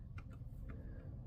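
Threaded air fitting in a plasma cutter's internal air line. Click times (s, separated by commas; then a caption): 0.2 s, 0.7 s. A threaded air fitting on the internal air line of a Cut 40 plasma cutter is being tightened to get it good and tight. Two short clicks sound at 0.2 and 0.7 seconds over a steady low rumble, and the fitting's thread strips during the tightening.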